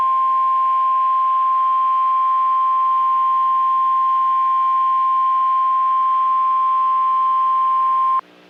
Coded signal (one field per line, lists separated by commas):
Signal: Emergency Alert System (SAME) tones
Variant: 1050 Hz attention tone